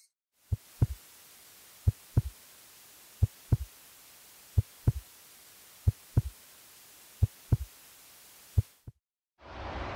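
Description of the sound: Steady paired low thumps, like a slow heartbeat at about 44 a minute, over a faint hum; a whooshing hiss begins at the end. This is a simulation of pulsing tinnitus in time with the heartbeat, which can be linked to cardiovascular conditions and, especially when in one ear, warrants referral to an ENT doctor.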